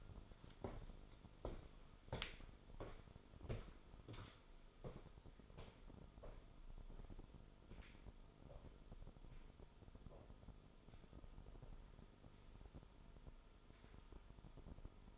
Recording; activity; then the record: daily activity, microphone in the room; walk to room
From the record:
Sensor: 5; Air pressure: 988.3 hPa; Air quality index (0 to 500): 193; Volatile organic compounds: 61 ppm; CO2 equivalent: 3423 ppm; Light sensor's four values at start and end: 54/146/60/67 and 48/144/56/60